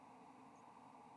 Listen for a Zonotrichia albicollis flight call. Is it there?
no